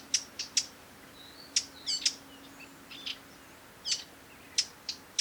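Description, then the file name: Eurasian Blackcap giving hard, clicking tac calls, single and doubled, at uneven intervals, with a few softer chirping notes from another bird between them. "Sylvia atricapilla"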